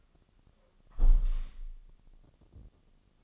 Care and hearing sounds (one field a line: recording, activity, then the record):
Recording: daily activity, microphone in the room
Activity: close window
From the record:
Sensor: 4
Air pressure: 1001.2 hPa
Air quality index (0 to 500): 178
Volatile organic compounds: 2 ppm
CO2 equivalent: 1273 ppm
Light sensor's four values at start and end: 12/28/11/12 and 12/28/11/12